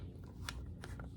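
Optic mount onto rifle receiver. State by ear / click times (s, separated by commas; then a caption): seated / 0.5 s. An optic mount or cover is slid onto the receiver of an Arsenal SAM7K AK-47 rifle and locked down, with a sharp click at 0.5 s and smaller clicks and clatter around 0.2, 0.8 and 1.0 s. The mount seats solid and holds zero.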